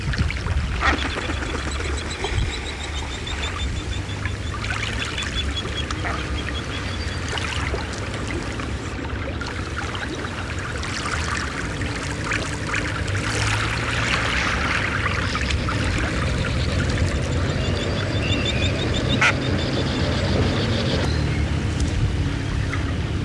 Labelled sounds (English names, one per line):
Common Shelduck